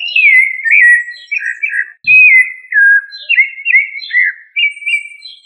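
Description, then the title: Thrush song of varied whistled notes, some slurred downward and some warbled, in phrases about half a second long separated by short gaps, with a faint low thump once. "Familia Turdidae - Sabia"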